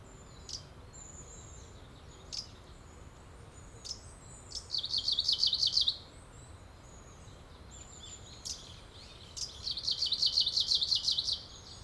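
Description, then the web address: Kamchatka leaf warbler song: two rapid buzzy trills several seconds apart, each lasting around one and a half seconds, with scattered high notes between them and background hiss. "bird song oomusikui"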